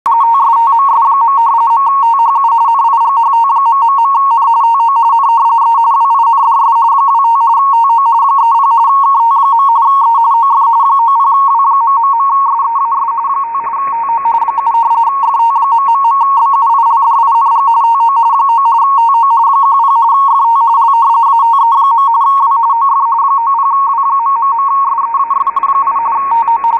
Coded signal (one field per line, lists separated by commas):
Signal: RTTY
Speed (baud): 45.45 baud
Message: TSTMS. .THU NIGHT...N TO N E WINDS 25 TO 30 KT. E OF 90W...SEAS 5 TO 7 FT...BUILDING TO 9 TO 10 FT L ATE. W OF 90W...SEAFI TO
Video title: WLO 8472 KHZ USB RTTY Weather Broadcast using MultiPSK and Winradio Excalibur Pro